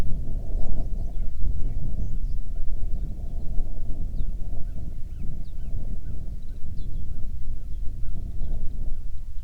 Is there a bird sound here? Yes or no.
yes